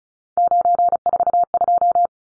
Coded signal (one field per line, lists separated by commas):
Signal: Morse code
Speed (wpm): 34 wpm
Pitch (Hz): 700 Hz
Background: none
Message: 942